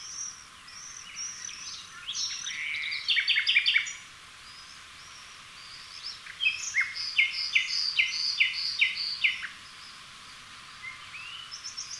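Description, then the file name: Common nightingale song with soft high chirps building to loud bursts of rapid repeated notes, a pause, then another phrase of varied sharp trilled notes. "Luscinia megarhynchos"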